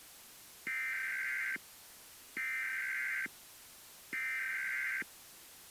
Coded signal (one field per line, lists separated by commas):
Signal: Emergency Alert System (SAME) tones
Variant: header bursts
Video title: EAS Scenario - When Production goes Wrong...